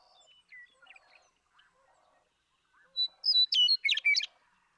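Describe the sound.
Western meadowlark singing one bright phrase of sliding whistles ending in a bubbly flourish, after a few faint, scattered chirps.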